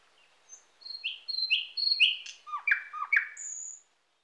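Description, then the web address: Thrush nightingale delivering a rich phrase of sliding whistles, sharp down-slurred notes and a final high pure tone. "IVN Zangvogels. Noordse nachtegaal"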